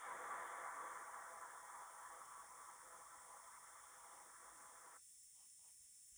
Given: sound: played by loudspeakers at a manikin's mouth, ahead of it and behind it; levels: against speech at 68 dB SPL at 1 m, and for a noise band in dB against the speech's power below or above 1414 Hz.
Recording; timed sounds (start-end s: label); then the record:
test signals for a remote microphone
0.00-4.97 s: speech-spectrum noise from behind
From the record:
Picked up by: remote microphone B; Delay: 24 ms